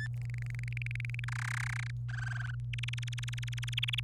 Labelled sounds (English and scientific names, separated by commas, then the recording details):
Domestic Canary (Serinus canaria) song
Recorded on 27 April 2018 at 06:27
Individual llb3